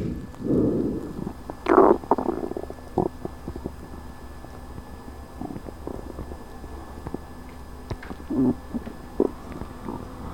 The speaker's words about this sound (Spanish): Y un rugido de tripas para terminar, que se acerca a la hora de cenar.